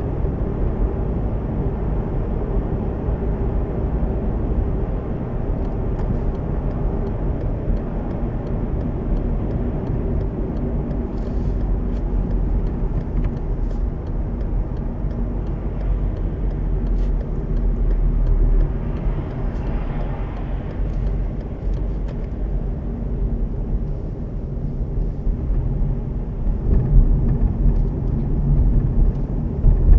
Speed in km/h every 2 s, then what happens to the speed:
76, 77, 78, 76, 74, 73, 60, 55, 52, 44, 39, 42, 41, 41, 38.
0-5 steady at about 77. 5-19 slows to 39. 19-30 steady at about 41.